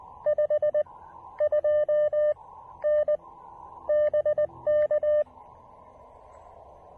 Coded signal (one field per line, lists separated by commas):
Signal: Morse code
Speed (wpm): 19 wpm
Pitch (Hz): 600 Hz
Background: none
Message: 52N BK